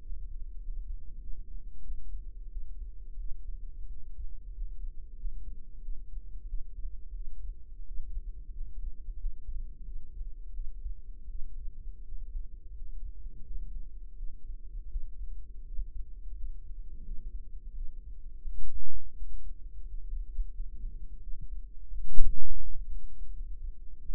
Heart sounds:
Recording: heart sounds by microphone in the right ear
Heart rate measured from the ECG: 88 bpm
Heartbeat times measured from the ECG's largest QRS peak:
0.00 s: heartbeat
0.59 s: heartbeat
1.18 s: heartbeat
1.81 s: heartbeat
2.49 s: heartbeat
3.16 s: heartbeat
3.88 s: heartbeat
4.52 s: heartbeat
5.15 s: heartbeat
5.80 s: heartbeat
6.45 s: heartbeat
7.12 s: heartbeat
7.84 s: heartbeat
8.51 s: heartbeat
9.16 s: heartbeat
9.82 s: heartbeat
10.51 s: heartbeat
11.27 s: heartbeat
12.03 s: heartbeat
12.72 s: heartbeat
13.42 s: heartbeat
14.15 s: heartbeat
14.88 s: heartbeat
15.63 s: heartbeat
16.34 s: heartbeat
17.02 s: heartbeat
17.72 s: heartbeat
18.42 s: heartbeat
19.14 s: heartbeat
19.84 s: heartbeat
20.50 s: heartbeat
21.19 s: heartbeat
21.88 s: heartbeat
22.59 s: heartbeat
23.31 s: heartbeat
24.00 s: heartbeat
From the record:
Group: healthy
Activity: rest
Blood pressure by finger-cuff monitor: 115/65 mmHg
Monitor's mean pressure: 81 mmHg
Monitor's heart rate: 86 bpm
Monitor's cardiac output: 7.5 L/min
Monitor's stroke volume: 86 mL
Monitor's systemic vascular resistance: 760 dyn s/cm5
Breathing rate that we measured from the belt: 16 breaths a minute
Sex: female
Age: 26 years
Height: 165 cm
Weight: 55 kg

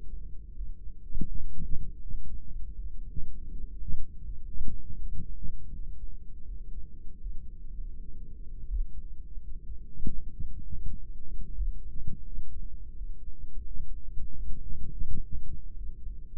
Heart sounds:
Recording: heart sounds by microphone in the right ear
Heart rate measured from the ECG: 83 bpm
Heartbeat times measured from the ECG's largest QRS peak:
0.54 s: heartbeat
1.28 s: heartbeat
2.01 s: heartbeat
2.74 s: heartbeat
3.48 s: heartbeat
4.22 s: heartbeat
4.97 s: heartbeat
5.71 s: heartbeat
6.45 s: heartbeat
7.19 s: heartbeat
7.64 s: heartbeat
8.67 s: heartbeat
9.39 s: heartbeat
10.11 s: heartbeat
10.55 s: heartbeat
11.54 s: heartbeat
12.24 s: heartbeat
12.94 s: heartbeat
13.64 s: heartbeat
14.34 s: heartbeat
15.04 s: heartbeat
15.74 s: heartbeat
From the record:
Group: heart failure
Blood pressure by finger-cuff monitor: 109/70 mmHg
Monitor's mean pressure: 84 mmHg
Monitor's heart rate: 81 bpm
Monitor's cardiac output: 4.2 L/min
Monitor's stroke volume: 51 mL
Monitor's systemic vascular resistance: 1460 dyn s/cm5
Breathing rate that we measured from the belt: 18 breaths a minute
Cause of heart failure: ischemic heart disease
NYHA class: 2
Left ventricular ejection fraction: 34%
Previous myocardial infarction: present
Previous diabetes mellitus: present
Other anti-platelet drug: present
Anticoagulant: apixaban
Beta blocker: bisoprolol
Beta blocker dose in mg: 10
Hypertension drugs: sacubitril-valsartan, spironolactone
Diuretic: furosemide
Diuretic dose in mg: 40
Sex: male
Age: 57 years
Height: 149 cm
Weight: 44.5 kg

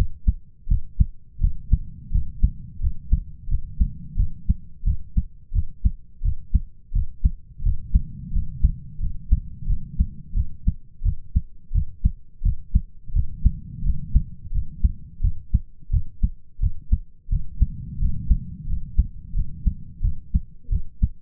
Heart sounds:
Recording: heart sounds by stethoscope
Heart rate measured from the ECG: 87 bpm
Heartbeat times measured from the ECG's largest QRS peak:
0.68 s: heartbeat
1.40 s: heartbeat
2.11 s: heartbeat
2.80 s: heartbeat
3.48 s: heartbeat
4.16 s: heartbeat
4.84 s: heartbeat
5.53 s: heartbeat
6.22 s: heartbeat
6.92 s: heartbeat
7.63 s: heartbeat
8.32 s: heartbeat
9.00 s: heartbeat
9.67 s: heartbeat
10.34 s: heartbeat
11.03 s: heartbeat
11.72 s: heartbeat
12.42 s: heartbeat
13.13 s: heartbeat
13.83 s: heartbeat
14.52 s: heartbeat
15.21 s: heartbeat
15.90 s: heartbeat
16.60 s: heartbeat
17.29 s: heartbeat
17.99 s: heartbeat
18.67 s: heartbeat
19.34 s: heartbeat
20.01 s: heartbeat
20.69 s: heartbeat
From the record:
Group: healthy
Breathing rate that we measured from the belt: 12 breaths a minute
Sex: male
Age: 33 years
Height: 179 cm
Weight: 80.4 kg

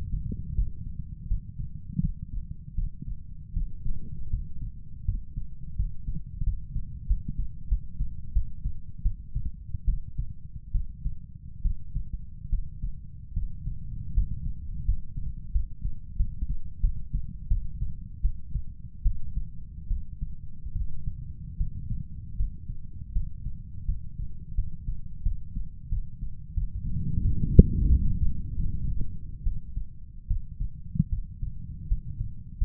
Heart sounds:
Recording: heart sounds by stethoscope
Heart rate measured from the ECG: 81 bpm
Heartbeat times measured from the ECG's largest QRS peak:
0.55 s: heartbeat
1.28 s: heartbeat
2.00 s: heartbeat
2.75 s: heartbeat
3.53 s: heartbeat
4.30 s: heartbeat
5.05 s: heartbeat
5.76 s: heartbeat
6.43 s: heartbeat
7.07 s: heartbeat
7.68 s: heartbeat
8.32 s: heartbeat
9.02 s: heartbeat
9.85 s: heartbeat
10.71 s: heartbeat
11.62 s: heartbeat
12.49 s: heartbeat
13.33 s: heartbeat
14.13 s: heartbeat
14.85 s: heartbeat
15.52 s: heartbeat
16.16 s: heartbeat
16.80 s: heartbeat
17.48 s: heartbeat
18.21 s: heartbeat
19.02 s: heartbeat
19.87 s: heartbeat
20.72 s: heartbeat
21.57 s: heartbeat
22.36 s: heartbeat
23.12 s: heartbeat
23.85 s: heartbeat
24.55 s: heartbeat
25.23 s: heartbeat
25.89 s: heartbeat
26.54 s: heartbeat
27.21 s: heartbeat
27.88 s: heartbeat
28.56 s: heartbeat
29.43 s: heartbeat
30.27 s: heartbeat
31.09 s: heartbeat
31.88 s: heartbeat
32.58 s: heartbeat
From the record:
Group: healthy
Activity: cold pressor test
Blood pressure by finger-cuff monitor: 119/85 mmHg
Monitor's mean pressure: 100 mmHg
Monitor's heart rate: 80 bpm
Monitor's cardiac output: 5.8 L/min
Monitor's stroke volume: 71 mL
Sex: male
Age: 35 years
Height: 178 cm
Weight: 64 kg

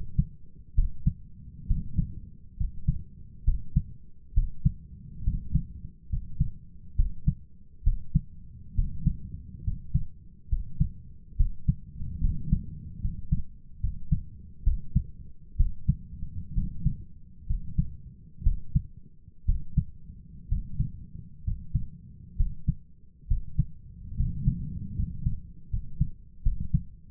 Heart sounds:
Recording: heart sounds by stethoscope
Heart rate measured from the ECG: 68 bpm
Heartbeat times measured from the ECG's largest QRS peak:
0.74 s: heartbeat
1.66 s: heartbeat
2.56 s: heartbeat
3.44 s: heartbeat
4.33 s: heartbeat
5.23 s: heartbeat
6.09 s: heartbeat
6.95 s: heartbeat
7.83 s: heartbeat
8.74 s: heartbeat
9.63 s: heartbeat
10.48 s: heartbeat
11.36 s: heartbeat
12.20 s: heartbeat
13.00 s: heartbeat
13.80 s: heartbeat
14.63 s: heartbeat
15.56 s: heartbeat
16.53 s: heartbeat
17.46 s: heartbeat
18.42 s: heartbeat
19.45 s: heartbeat
20.48 s: heartbeat
21.43 s: heartbeat
22.36 s: heartbeat
23.27 s: heartbeat
24.15 s: heartbeat
24.95 s: heartbeat
25.69 s: heartbeat
26.42 s: heartbeat
From the record:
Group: healthy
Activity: rest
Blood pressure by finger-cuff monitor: 110/68 mmHg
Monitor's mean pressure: 79 mmHg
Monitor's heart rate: 69 bpm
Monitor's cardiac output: 6.5 L/min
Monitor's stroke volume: 96 mL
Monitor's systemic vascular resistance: 870 dyn s/cm5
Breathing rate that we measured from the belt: 16 breaths a minute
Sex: male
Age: 23 years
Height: 178 cm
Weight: 96.6 kg

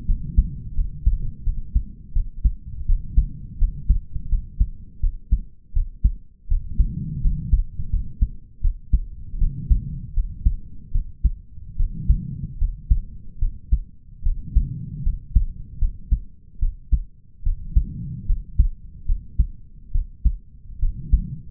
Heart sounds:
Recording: heart sounds by stethoscope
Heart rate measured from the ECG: 78 bpm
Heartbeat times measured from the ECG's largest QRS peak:
0.05 s: heartbeat
0.74 s: heartbeat
1.43 s: heartbeat
2.13 s: heartbeat
2.86 s: heartbeat
3.58 s: heartbeat
4.29 s: heartbeat
5.00 s: heartbeat
5.73 s: heartbeat
6.48 s: heartbeat
7.21 s: heartbeat
7.90 s: heartbeat
8.61 s: heartbeat
9.38 s: heartbeat
10.13 s: heartbeat
10.91 s: heartbeat
11.76 s: heartbeat
12.58 s: heartbeat
13.39 s: heartbeat
14.22 s: heartbeat
15.03 s: heartbeat
15.78 s: heartbeat
16.59 s: heartbeat
17.43 s: heartbeat
18.26 s: heartbeat
19.05 s: heartbeat
19.91 s: heartbeat
20.79 s: heartbeat
From the record:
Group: healthy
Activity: rest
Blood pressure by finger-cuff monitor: 95/72 mmHg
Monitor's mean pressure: 79 mmHg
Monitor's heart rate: 79 bpm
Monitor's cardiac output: 5.3 L/min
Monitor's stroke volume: 68 mL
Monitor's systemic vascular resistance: 1080 dyn s/cm5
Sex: male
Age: 20 years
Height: 187 cm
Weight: 68.9 kg

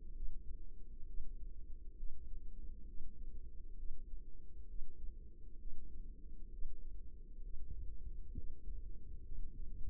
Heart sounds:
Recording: heart sounds by microphone in the left ear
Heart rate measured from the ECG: 66 bpm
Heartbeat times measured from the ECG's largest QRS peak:
0.13 s: heartbeat
1.04 s: heartbeat
1.95 s: heartbeat
2.85 s: heartbeat
3.75 s: heartbeat
4.66 s: heartbeat
5.57 s: heartbeat
6.49 s: heartbeat
7.40 s: heartbeat
8.32 s: heartbeat
9.21 s: heartbeat
From the record:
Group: healthy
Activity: breath hold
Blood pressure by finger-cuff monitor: 122/80 mmHg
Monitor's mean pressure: 96 mmHg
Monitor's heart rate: 66 bpm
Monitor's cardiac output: 5.2 L/min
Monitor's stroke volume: 80 mL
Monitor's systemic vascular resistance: 1340 dyn s/cm5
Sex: female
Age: 24 years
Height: 163 cm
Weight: 55.7 kg

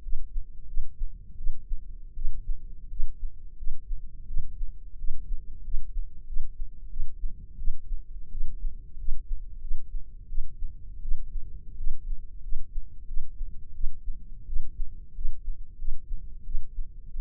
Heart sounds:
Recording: heart sounds by microphone in the left ear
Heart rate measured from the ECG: 88 bpm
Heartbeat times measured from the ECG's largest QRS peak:
0.02 s: heartbeat
0.67 s: heartbeat
1.37 s: heartbeat
2.14 s: heartbeat
2.89 s: heartbeat
3.56 s: heartbeat
4.26 s: heartbeat
4.97 s: heartbeat
5.63 s: heartbeat
6.26 s: heartbeat
6.89 s: heartbeat
7.57 s: heartbeat
8.30 s: heartbeat
8.97 s: heartbeat
9.60 s: heartbeat
10.28 s: heartbeat
11.01 s: heartbeat
11.76 s: heartbeat
12.41 s: heartbeat
13.06 s: heartbeat
13.73 s: heartbeat
14.46 s: heartbeat
15.14 s: heartbeat
15.77 s: heartbeat
16.44 s: heartbeat
17.12 s: heartbeat
From the record:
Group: healthy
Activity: rest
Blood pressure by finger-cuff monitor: 107/68 mmHg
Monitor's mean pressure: 81 mmHg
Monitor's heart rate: 88 bpm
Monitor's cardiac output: 7.4 L/min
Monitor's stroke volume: 85 mL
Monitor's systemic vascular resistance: 790 dyn s/cm5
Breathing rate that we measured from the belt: 20 breaths a minute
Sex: female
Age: 22 years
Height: 157 cm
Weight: 47.6 kg

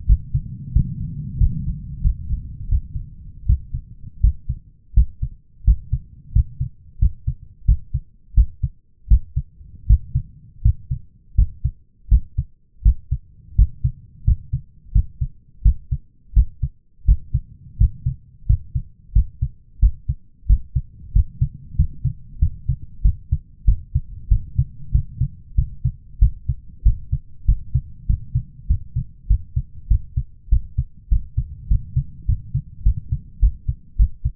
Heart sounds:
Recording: heart sounds by stethoscope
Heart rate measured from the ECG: 90 bpm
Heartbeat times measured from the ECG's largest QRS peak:
0.06 s: heartbeat
0.72 s: heartbeat
1.37 s: heartbeat
2.01 s: heartbeat
2.68 s: heartbeat
3.46 s: heartbeat
4.20 s: heartbeat
4.94 s: heartbeat
5.64 s: heartbeat
6.32 s: heartbeat
6.99 s: heartbeat
7.65 s: heartbeat
8.34 s: heartbeat
9.08 s: heartbeat
9.86 s: heartbeat
10.62 s: heartbeat
11.35 s: heartbeat
12.08 s: heartbeat
12.82 s: heartbeat
13.55 s: heartbeat
14.24 s: heartbeat
14.92 s: heartbeat
15.62 s: heartbeat
16.33 s: heartbeat
17.05 s: heartbeat
17.77 s: heartbeat
18.46 s: heartbeat
19.12 s: heartbeat
19.79 s: heartbeat
20.46 s: heartbeat
21.12 s: heartbeat
21.76 s: heartbeat
22.39 s: heartbeat
23.02 s: heartbeat
23.65 s: heartbeat
24.29 s: heartbeat
24.92 s: heartbeat
25.55 s: heartbeat
26.19 s: heartbeat
26.83 s: heartbeat
27.46 s: heartbeat
28.07 s: heartbeat
28.67 s: heartbeat
29.27 s: heartbeat
29.88 s: heartbeat
30.49 s: heartbeat
31.09 s: heartbeat
31.68 s: heartbeat
32.26 s: heartbeat
32.83 s: heartbeat
33.40 s: heartbeat
33.97 s: heartbeat
From the record:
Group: healthy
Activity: rest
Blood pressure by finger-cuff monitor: 156/108 mmHg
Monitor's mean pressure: 119 mmHg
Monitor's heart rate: 90 bpm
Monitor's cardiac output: 7.2 L/min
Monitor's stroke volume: 81 mL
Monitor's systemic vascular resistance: 1230 dyn s/cm5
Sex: male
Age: 23 years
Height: 179 cm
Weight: 87 kg

